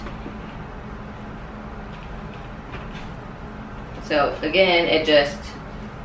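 The second seat of a Joovy Qool double stroller (2022) is being handled toward its mounts on the stroller frame, over a steady low background hum. Someone talks from about 4.1 to 5.3 seconds. Nothing has seated or clicked yet by the end of the clip.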